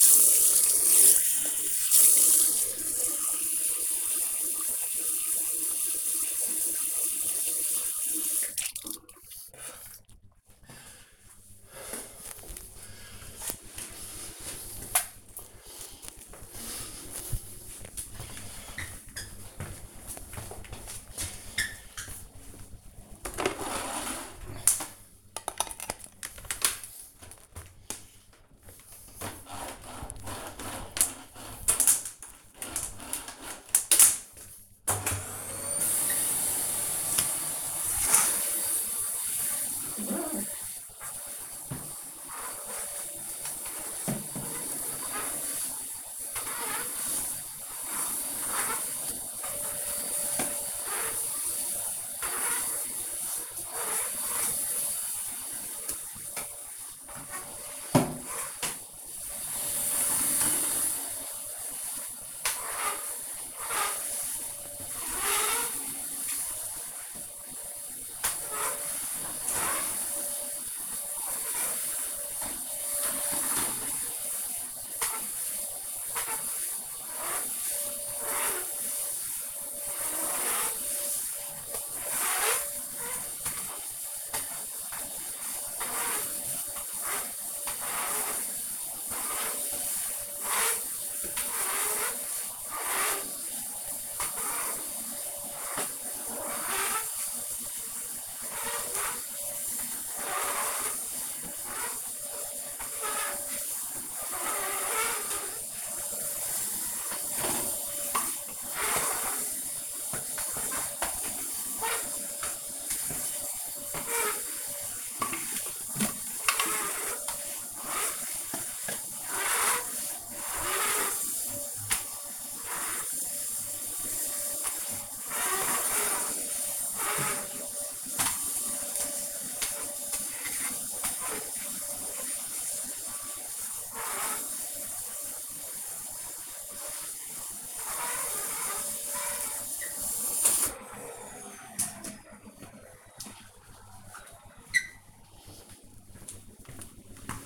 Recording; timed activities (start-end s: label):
household activities, microphone on the right wrist
0.00-9.95 s: brushing teeth
35.08-140.72 s: vacuum cleaning